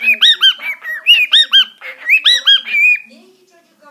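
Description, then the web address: Cockatiel calling in a rapid series of bright, arched chirping notes with strong harmonics, ending in a drawn-out flat whistle before quiet. "sultan papagani"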